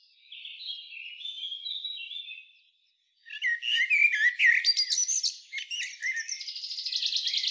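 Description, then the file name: Common blackbird giving thin, high squeaky notes, then a short pause and a loud jumble of sharp chinks and twitters ending in a rapid buzzy rattle. "Turdus merula"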